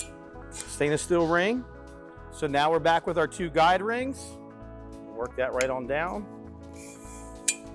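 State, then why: Seated. A split guide ring is worked down the tube of a telescoping loading arm while someone talks. At 7.5 s a sharp snap is heard as the guide ring seats into its groove.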